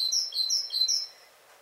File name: Parus major